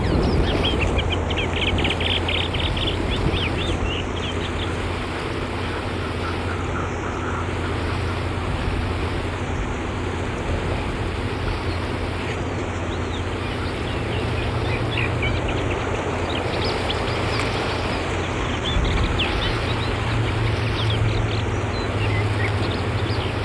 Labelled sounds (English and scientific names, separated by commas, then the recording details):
Moustached Warbler (Acrocephalus melanopogon) song
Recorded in the wild
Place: Camargue, FR
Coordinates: 43.5239, 4.64528
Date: 1965-04-20
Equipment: Uher Report 4000, AKG D190
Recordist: Krey, Winfried